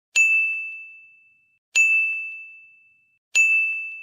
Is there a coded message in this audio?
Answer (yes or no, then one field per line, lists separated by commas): no